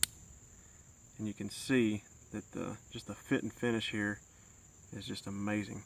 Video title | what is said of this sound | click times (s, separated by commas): Steel Will 1551 and 1533 | you listen to how how well that clicks into place and you | 0.0 s